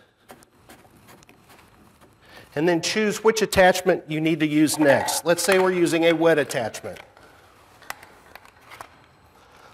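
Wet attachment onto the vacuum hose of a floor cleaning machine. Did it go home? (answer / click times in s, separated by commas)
yes / 7.9 s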